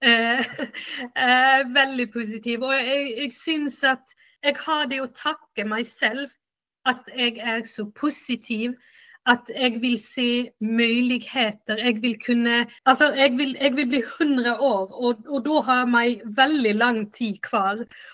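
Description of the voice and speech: An adult woman, a native Swedish speaker, speaks fluent Swedish with Norwegian-sounding words and a uvular R. This fits foreign accent syndrome that developed after a severe headache, alongside functional neurological symptom disorder.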